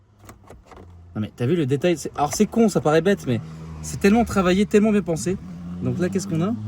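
A built-in car phone handset, which unclips from the top of its holder, is set back into its cradle in the interior trim of a V8 supercharged car. Two short clicks at 0.3 s and 0.7 s mark it seating in the cradle. Someone then talks.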